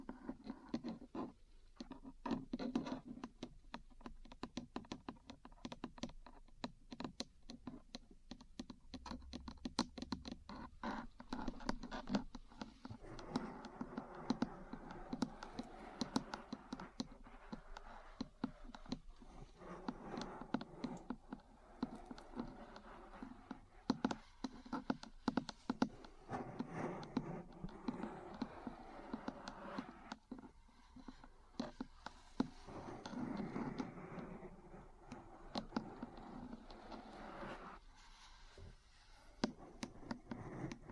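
Metal parts tapping and scratching in a busy, continuous stream of small clicks and scrapes, dense and irregular throughout. Sharp bright ticks mix with rougher scraping passages, with brief pauses near 30 and 38 seconds and a low thump around 9 seconds.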